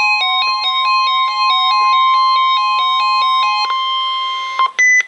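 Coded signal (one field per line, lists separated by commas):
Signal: Emergency Alert System (SAME) tones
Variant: 1050 Hz attention tone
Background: music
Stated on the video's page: NOAA weather radio severe thunderstorm warning.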